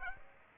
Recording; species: mosquito wingbeat signal from an infrared sensor; Aedes aegypti